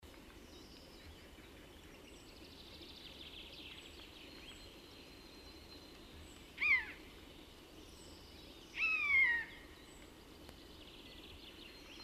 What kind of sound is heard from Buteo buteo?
call